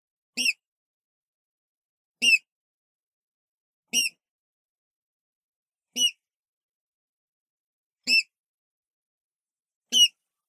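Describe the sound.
Water rail giving sharp squeaky calls with a lower grunting element, one call roughly every two seconds, six calls in all against silence.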